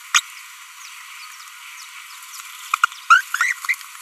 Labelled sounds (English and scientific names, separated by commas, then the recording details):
Green-rumped Parrotlet (Forpus passerinus) babbling
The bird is a female
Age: 25 days
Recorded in a nest box in Venezuela
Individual 17B42B1